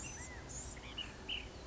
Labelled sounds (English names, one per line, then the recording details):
Blue-gray Gnatcatcher
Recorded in Sonoma County, California